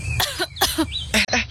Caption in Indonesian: Aku batuk karena asap itu. Lihat deh, ada yang lagi bakar sampah. Asapnya mengandung zat beracun yang bisa menyebabkan batuk, sesak nafas, serta iritasi pada mata dan tenggorokan.